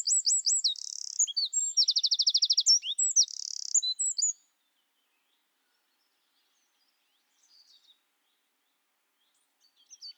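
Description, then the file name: Eurasian wren song: a burst of shrill hooked notes, buzzy trills and a rapid rattle lasting about four seconds, then near silence before faint notes resume. "Troglodytes troglodytes"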